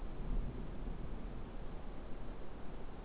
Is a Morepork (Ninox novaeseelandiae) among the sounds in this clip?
no